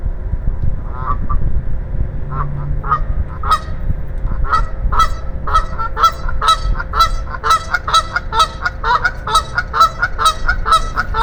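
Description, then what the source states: Goose: geese honking, scattered honks at first, then rapid repeated nasal honks building into a steady run, with a brief low hum in the background. A pair of geese taking flight in a parking lot between Compare Foods and an abandoned movie theater off Avondale Drive.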